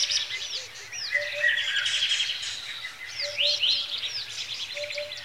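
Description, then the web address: Birds singing together, overlapping chirps, buzzy trills and whistles, with a low soft hooting pair of notes repeating in the background. Lakeside in Kenya, Africa, with bird twittering in the early morning. "A Természet hangjai - Madárdal A Természet hangjai - Afrika, Kenya - Tópart madárcsicsergéssel kora reggel"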